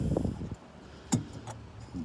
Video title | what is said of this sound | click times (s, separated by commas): 96-98 civic Headlight installation | it down and then it's locked into place | 1.1 s